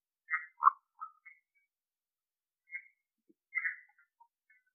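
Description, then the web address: Red-eyed tree frog calling with quick harsh chock notes, a tight cluster at the start, then a lone note and a louder rasping burst after a pause. "phyllomedusidae Agalychnis-callidryas"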